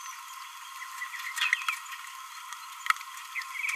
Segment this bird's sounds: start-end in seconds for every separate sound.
1.39-1.50